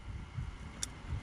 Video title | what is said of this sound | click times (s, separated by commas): Chevy Tahoe P0496 Code! (How To Test For Bad Solenoid) | So now we can reconnect this here, and you should hear a snap, just | 0.8 s